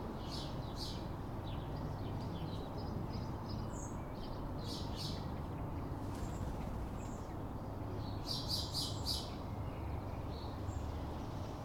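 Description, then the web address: Sparrow chirps scattered throughout, with a quick cluster in the later part, over a low continuous traffic hum. Sparrows on a town street on a calm afternoon, with traffic. "Systematic-Sound - General Ambience Series – Towns Villages 01 AMB TOWN Street Calm Afternoon Sparrows Traffic"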